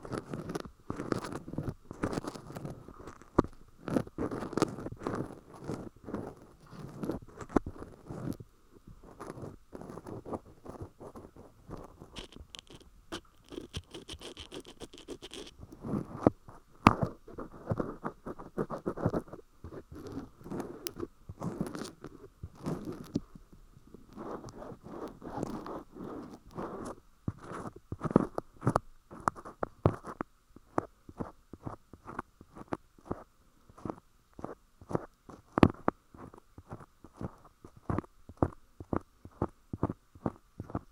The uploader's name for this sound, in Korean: 쇠귀이개 귀청소